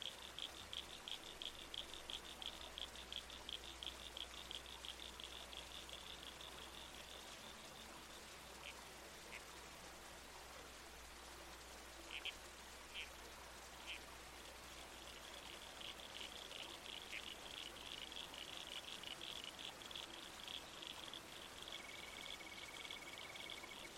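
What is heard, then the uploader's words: A babbling creek keeps up a steady hiss while Red-Crowned Toadlets give rapid, regular squelchy calls for the first eight seconds and again from about fifteen seconds on. Scattered single chirps fill the middle, and a low hum fades after eight seconds. Soundscape - Red-Crowned Toadlet.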